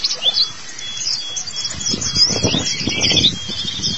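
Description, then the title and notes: White-eye chirping: high, thin warbled notes run on throughout, with soft low knocks and rustles in the middle. "Kicauan Burung Pleci Durasi Panjang. Suara kicauan burung pleci"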